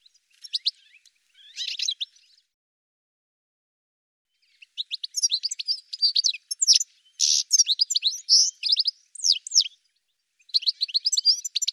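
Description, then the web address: Bird calls: a brief chirp burst, a silent pause of a few seconds, then sustained runs of high twittering and chirped notes. "birddata Deverinetal 2025 Bird Ca Ca Ca Ca"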